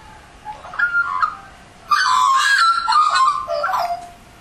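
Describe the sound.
Australian magpie making a short warbled note, then a longer, loud burst of fluty, gurgling notes that slide up and down.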